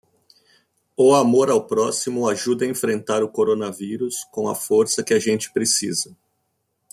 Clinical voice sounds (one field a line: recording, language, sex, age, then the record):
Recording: spoken sentence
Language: Brazilian Portuguese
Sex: male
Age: 40 to 49 years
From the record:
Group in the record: control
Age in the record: 47 years